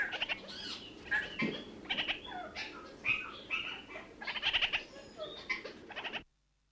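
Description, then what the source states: Red-crowned parakeet chattering in short rapid pulsed bursts, mixed with whistled and trilled notes throughout, ending abruptly in silence. New Zealand.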